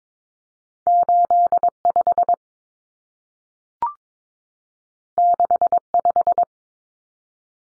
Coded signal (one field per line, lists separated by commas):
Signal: Morse code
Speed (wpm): 22 wpm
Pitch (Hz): 700 Hz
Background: none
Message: 85 65